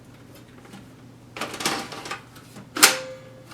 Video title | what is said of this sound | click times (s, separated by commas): Upgrading a Dell OptiPlex 9020 i7-4790K + 1660 Ti + 32GB RAM [2019] | we go just clicks right in this place so we got the new optical drive installed | 2.8 s